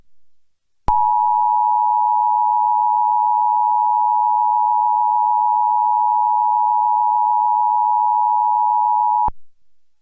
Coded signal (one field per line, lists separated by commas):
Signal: Emergency Alert System (SAME) tones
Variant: 853 and 960 Hz attention tone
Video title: (EAS Mock): What if the NOAA Radio Weekly Test also applied to your TV?